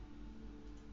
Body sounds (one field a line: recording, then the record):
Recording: background sound without coughing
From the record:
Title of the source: BackgroundMusic3